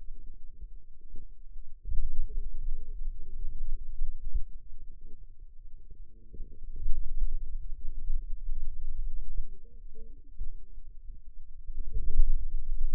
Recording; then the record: forearm muscle sounds (acoustic myography)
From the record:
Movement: finger pinch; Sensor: system 2, bracelet of six BSWA MPA416 microphones around the upper forearm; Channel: 1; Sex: female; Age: 21 years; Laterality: right